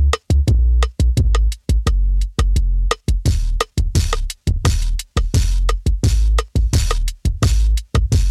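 Heartbeat of an adult.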